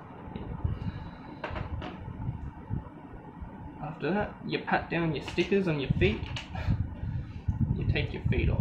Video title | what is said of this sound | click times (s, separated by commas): Lets Build Battle Battle B-Daman Cobalt Blade!! | it till it clicks after | 1.4 s